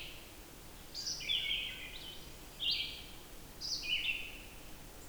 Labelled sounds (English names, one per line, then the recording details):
Red-eyed Vireo song
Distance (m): 30 m
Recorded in boreal forest in Alberta, Canada, on 14 June 2016 at 06:33
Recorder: SongMeter 3, array SBT-3-33
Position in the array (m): 154 m, 181 m